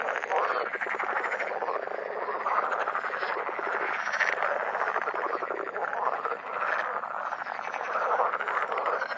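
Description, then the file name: Water frog in a steady massed chorus, harsh pulsing croaks blending into a continuous rattling din with no break. "grenouille verte"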